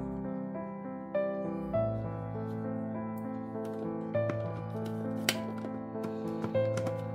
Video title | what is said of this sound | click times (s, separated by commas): MASAK BEBEK PEKING BUMBU HITAM MADURA ,ALA RENY IN NEDERLAND PERTAMA KALI, EMPUK TIDAK BAU | Sampai bunyi klik. Oke, | 5.3 s